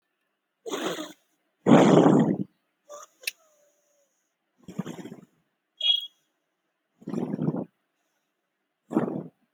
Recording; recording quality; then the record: deep breathing; excellent, no background noise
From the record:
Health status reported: exposed to COVID-19, no respiratory illness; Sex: female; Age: 20 years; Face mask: not worn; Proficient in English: yes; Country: India